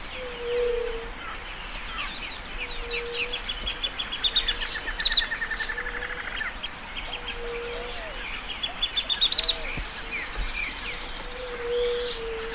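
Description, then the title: Bird song of rapid high chirps and trills in bursts, with a repeated low hooting note underneath and steady background hiss. "LuckyPassaro Completos2Sama"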